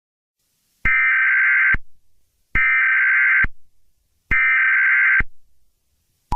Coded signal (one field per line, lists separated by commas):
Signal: Emergency Alert System (SAME) tones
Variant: header bursts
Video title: Eas scenario-the killer